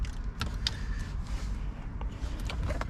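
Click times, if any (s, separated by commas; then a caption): none. A plastic wiring harness plug is handled at the back of a factory car radio, ahead of being pushed all the way down into it. Over a steady low rumble, a few brief sharp ticks sound, the strongest near 0.7 s, with more near 2.5 s and 2.8 s. Nothing has seated or clicked into place yet.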